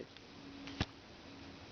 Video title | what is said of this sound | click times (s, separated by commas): CHANGE DRILL BITS QUICKLY | it locks in place okay | 0.8 s